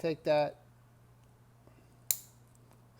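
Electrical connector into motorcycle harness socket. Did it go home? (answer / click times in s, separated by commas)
yes / 2.1 s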